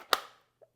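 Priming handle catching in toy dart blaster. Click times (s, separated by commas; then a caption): 0.1 s. The stiff priming handle of a plastic Nerf Shadow Storm N1 Series foam-dart blaster is pulled all the way back, as it must be until it clicks. A sharp click at 0.1 s marks the prime catching, and a faint softer tap follows near 0.6 s. The blaster is primed.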